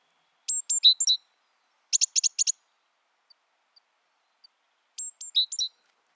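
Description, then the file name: Great tit calls: a high thin note, then sharp downslurred notes, a quick burst of clipped chips, and the first phrase repeated near the end, with quiet gaps between. "Parus major"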